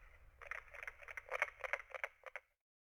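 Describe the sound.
Carpenter frog call: a quick run of many sharp, knocking notes over about two seconds.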